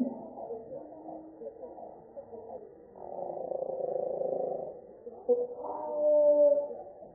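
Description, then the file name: Marsh wren song slowed down, a deep buzzy warble with shifting rattled phrases, a denser burst around the middle and a tonal passage near the end. Eastern male, Massachusetts; played slowed eight times. "Massachusetts 2 Eastern-male-108 Ma Wr-MA"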